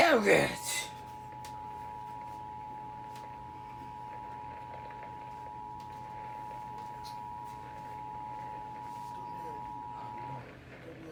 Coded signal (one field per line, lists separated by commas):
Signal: Emergency Alert System (SAME) tones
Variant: 853 and 960 Hz attention tone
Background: speech